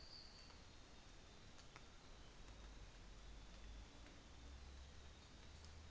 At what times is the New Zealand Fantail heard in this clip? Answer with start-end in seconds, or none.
none